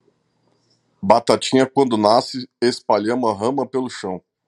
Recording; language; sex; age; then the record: short text; Brazilian Portuguese; male; 30 to 39 years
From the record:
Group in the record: control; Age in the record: 35 years